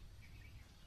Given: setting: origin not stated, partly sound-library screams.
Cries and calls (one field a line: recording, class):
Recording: one-second piece from a danger detection set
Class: normal situation